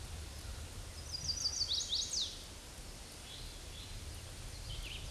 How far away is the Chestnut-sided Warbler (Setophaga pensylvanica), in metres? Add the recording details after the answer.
about 30 m. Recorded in a Pennsylvania forest on 18 May 2023 at 06:25. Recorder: AudioMoth, point grid1_19_low. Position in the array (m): 128 m, 215 m